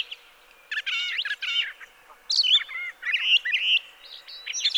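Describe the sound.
Brown thrasher singing a string of varied phrases, some harmonic and buzzy, others sharp slurred whistles, separated by short silences.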